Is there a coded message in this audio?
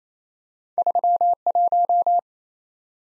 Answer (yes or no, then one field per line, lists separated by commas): yes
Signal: Morse code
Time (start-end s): 0.8-2.2 s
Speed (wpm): 28 wpm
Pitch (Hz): 700 Hz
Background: none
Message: 31